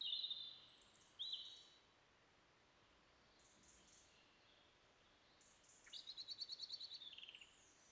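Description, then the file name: European robin: thin high notes, two short ones near the start, then after a pause a quick series of rapid pulsed high notes, in otherwise quiet surroundings. "Erithacus rubecula"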